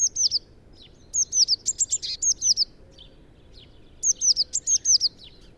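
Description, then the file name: Eurasian blue tit giving bursts of notes: a short group of high down-slurred notes, then a longer run of several, a pause, and another run of similar thin notes. "Cyanistes caeruleus"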